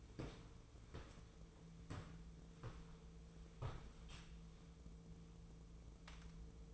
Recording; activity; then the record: daily activity, microphone in the room; walk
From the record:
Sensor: 1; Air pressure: 1005.5 hPa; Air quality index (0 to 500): 122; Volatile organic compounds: 5 ppm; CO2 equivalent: 1704 ppm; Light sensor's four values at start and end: 11/27/11/12 and 11/27/11/12